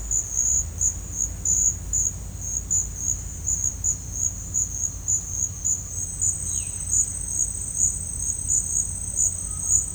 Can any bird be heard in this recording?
yes